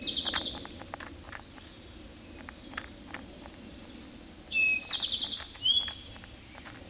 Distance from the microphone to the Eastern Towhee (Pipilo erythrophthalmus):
about 5 m